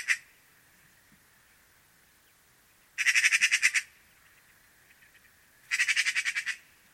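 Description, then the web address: Eurasian magpie chattering: harsh rattling bursts of about ten rapid dry notes, the bursts coming roughly every three seconds. "cianscape birddata Deverinetal"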